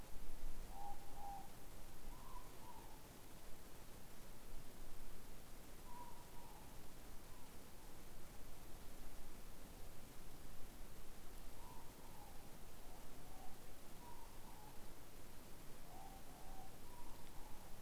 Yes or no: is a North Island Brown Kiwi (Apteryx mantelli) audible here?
no